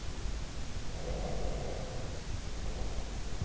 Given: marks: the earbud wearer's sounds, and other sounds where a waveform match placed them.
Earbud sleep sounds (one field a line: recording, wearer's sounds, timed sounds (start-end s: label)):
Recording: sounds in sleep by an in-ear microphone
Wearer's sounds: breath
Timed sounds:
0.98-3.32 s: breath